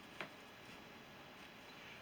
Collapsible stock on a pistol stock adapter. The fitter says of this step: three quarters of the way there's like one spot where it clicks in place